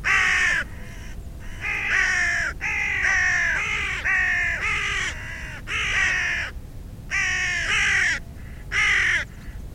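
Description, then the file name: Carrion crow uttering a long run of harsh, grating caws, some run together, irregularly spaced, with low background noise. "Corvus corone"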